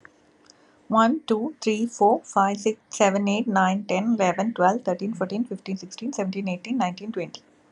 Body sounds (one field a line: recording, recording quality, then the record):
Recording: counting at a fast pace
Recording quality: excellent, no background noise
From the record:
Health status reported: recovered from COVID-19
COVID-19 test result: positive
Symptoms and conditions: none ticked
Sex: female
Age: 38 years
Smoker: not ticked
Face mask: not worn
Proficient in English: yes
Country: India